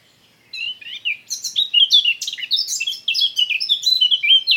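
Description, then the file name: Eurasian blackcap warbling song, a lively stream of mixed scratchy and fluty notes that continues without pause after a short silence at the start. "Sylvia atricapilla"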